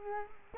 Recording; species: mosquito wingbeat signal from an infrared sensor; Culex quinquefasciatus